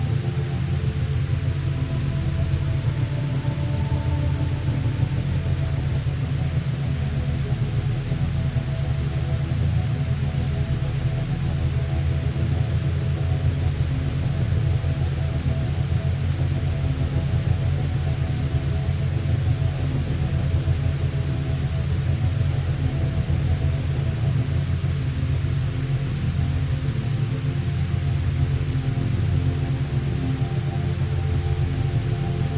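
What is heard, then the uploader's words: Binaural beats over a layer of white noise play as a steady, unchanging drone. Dense low tones stack up below, with a faint, even pulsing, while a soft hiss spreads across the higher range. The level stays constant throughout, with no distinct events. Anxiety Reduction With 9' Binaural Beats and White Noise.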